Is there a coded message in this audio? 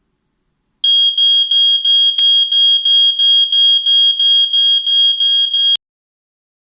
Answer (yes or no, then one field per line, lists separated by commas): no